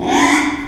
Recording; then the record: squeal of a Yucatan mini pig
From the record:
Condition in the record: after surgery on the right vocal fold (resection and tissue-engineered implant); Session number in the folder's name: 3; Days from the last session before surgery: 33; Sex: male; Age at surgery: 12 weeks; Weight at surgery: 13 kg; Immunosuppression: cyclosporine, prednisolone